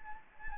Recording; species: mosquito wingbeat signal from an infrared sensor; Anopheles arabiensis